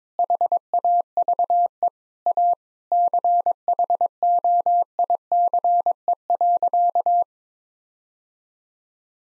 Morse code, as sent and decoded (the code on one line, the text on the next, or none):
.... .- ...- . / .- / -.-. .... --- .. -.-. . .-.-.-
HAVE A CHOICE.